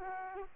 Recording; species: mosquito wingbeat signal from an infrared sensor; Aedes aegypti